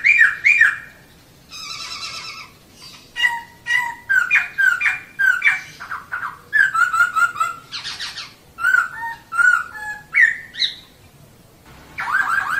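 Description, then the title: Laughingthrush pouring out a varied song: rich looping whistles, harsh buzzy notes and squawks, delivered in rapid, almost continuous phrases. Long rolling song (ngeroll panjang), used to train cage birds. "KICAU BURUNG POKSAY NGEROLL PANJANG"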